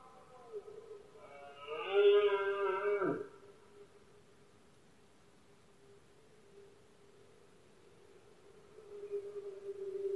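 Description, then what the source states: Red deer, one loud, harsh bellow that ends abruptly, followed by faint moaning calls. Male red deer bellowing during the rutting season, known in Spanish as berrea or brama, heard especially at night in Spain; soundscape.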